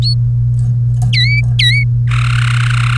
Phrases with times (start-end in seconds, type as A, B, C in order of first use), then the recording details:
0.02-0.14 A, 1.13-1.83 B, 2.11-2.97 C. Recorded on 1 May 2018 at 13:25. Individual llb3